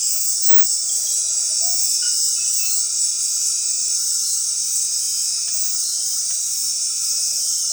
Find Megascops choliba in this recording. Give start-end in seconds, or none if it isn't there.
0.81-1.88, 6.89-7.72